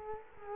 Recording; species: mosquito wingbeat signal from an infrared sensor; Culex quinquefasciatus